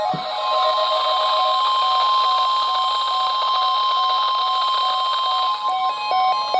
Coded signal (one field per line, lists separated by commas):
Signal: Emergency Alert System (SAME) tones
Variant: 1050 Hz attention tone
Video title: A Bit of a Stormy Birthday - EAS Alerts From 6/25/2025 - 6/26/2025 (EAS #518-536)